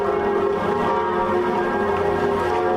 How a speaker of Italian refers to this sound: Queste sono le campane di Notre Dame che oggi hanno suonato a morto e hanno accompagnato il silenzio della nazione in lutto.